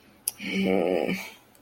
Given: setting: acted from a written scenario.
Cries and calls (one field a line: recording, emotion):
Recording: vocal sound without words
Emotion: guilt